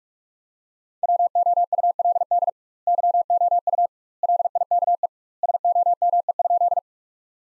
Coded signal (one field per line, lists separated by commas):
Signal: Morse code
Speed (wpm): 46 wpm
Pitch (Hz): 700 Hz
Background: none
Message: WOULD YOU LIKE SOME?